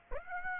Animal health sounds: mosquito wingbeat signal from an infrared sensor; Aedes aegypti

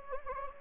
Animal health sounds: mosquito wingbeat signal from an infrared sensor; Anopheles gambiae

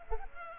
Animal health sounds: mosquito wingbeat signal from an infrared sensor; Culex pipiens

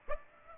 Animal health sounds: mosquito wingbeat signal from an infrared sensor; Aedes aegypti

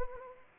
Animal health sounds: mosquito wingbeat signal from an infrared sensor; Anopheles arabiensis

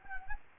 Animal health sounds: mosquito wingbeat signal from an infrared sensor; Anopheles gambiae

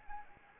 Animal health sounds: mosquito wingbeat signal from an infrared sensor; Anopheles arabiensis

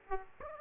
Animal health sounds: mosquito wingbeat signal from an infrared sensor; Aedes aegypti

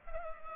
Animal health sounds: mosquito wingbeat signal from an infrared sensor; Culex pipiens

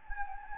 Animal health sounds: mosquito wingbeat signal from an infrared sensor; Anopheles gambiae

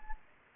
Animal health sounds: mosquito wingbeat signal from an infrared sensor; Anopheles gambiae

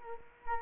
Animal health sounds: mosquito wingbeat signal from an infrared sensor; Culex quinquefasciatus

